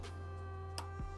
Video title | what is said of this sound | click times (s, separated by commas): Echelon Stride 10 Treadmill Setup and Initial Impressions | Felt it click. Heard it click. | 0.8 s